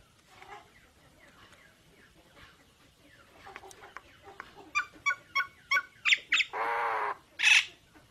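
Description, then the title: Nias hill myna song: faint notes at first, then a loud, rapid run of sharp whistled notes, a long harsh buzzy rasp, and one final piercing shriek. Bird singing actively (gacor) with a loud 'super gledek' voice; recording meant as a training track (masteran) for songbirds. "Burung Jalak Nias Gacor Suara Super Gledek Untuk Masteran"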